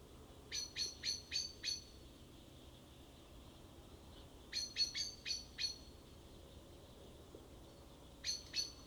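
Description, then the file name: Common blackbird calling in quick bursts of sharp, high chinking notes, three bursts spread throughout, the last cut short, over a low steady background hiss. "Turdus merula"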